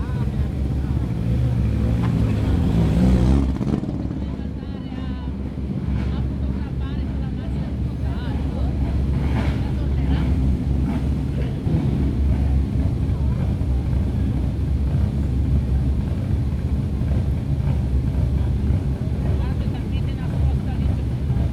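Cars starting up, with a heavy, low engine rumble that stays loud and steady throughout. A brighter, rougher roar fills the first three seconds, then drops away to a deep drone, with brief sharper bursts around ten and twelve seconds.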